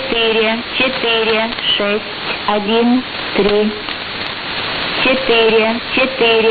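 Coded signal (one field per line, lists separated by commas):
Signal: numbers station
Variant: S06s Russian Lady, Russian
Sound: a female voice reading short, evenly spaced words over hiss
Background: radio static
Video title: 16 07 2019 S06s Russian Lady numbers station in Russian to Eu 1110 on 7560 unknown tx site USB+AM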